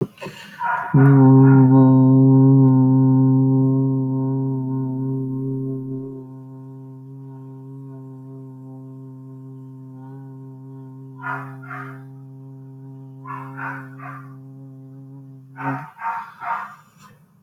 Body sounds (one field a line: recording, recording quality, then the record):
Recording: sustained vowel as in boot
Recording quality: excellent, no background noise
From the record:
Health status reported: healthy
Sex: male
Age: 23 years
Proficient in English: yes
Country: India